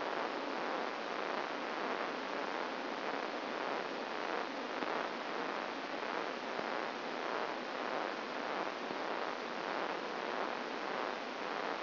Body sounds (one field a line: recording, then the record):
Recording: brain microelectrode recording played as sound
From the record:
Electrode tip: outside the subthalamic nucleus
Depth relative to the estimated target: 4 mm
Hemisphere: left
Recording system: AlphaMap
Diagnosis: Parkinson's disease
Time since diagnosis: 15 years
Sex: female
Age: 68 years